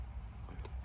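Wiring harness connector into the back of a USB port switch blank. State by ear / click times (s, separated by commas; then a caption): seated / 0.7 s. A wiring harness connector is pushed onto the back of a plug-and-play USB port switch fitted in a dash blank of a Volkswagen MK5/MK6 Jetta, GTI or Sportwagon. Over a steady low rumble, one short, sharp click sounds at 0.65 s as the connector seats and locks in.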